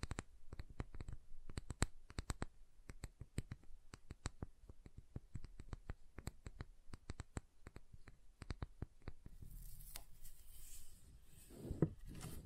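Dense, irregular tapping on soap for about nine seconds, then a softer scraping carve with hissy texture and one louder scrape near the end.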